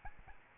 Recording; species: mosquito wingbeat signal from an infrared sensor; Aedes albopictus